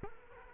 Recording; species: mosquito wingbeat signal from an infrared sensor; Culex quinquefasciatus